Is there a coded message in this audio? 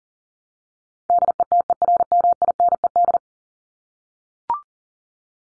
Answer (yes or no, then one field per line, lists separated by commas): yes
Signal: Morse code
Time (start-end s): 1.1-3.2 s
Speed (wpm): 40 wpm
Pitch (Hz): 700 Hz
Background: none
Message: DETERMINED